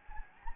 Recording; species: mosquito wingbeat signal from an infrared sensor; Anopheles gambiae